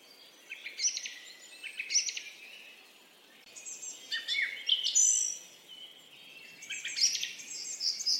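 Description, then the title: Bird song in scattered bursts of high chirps and twittering notes, pausing briefly between phrases. "Birds Singing - Birds Chirping"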